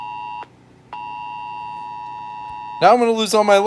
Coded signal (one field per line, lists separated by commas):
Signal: Emergency Alert System (SAME) tones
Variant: 853 and 960 Hz attention tone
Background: speech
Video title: October 2023 EAS Alarm Test while home searching